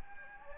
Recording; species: mosquito wingbeat signal from an infrared sensor; Anopheles gambiae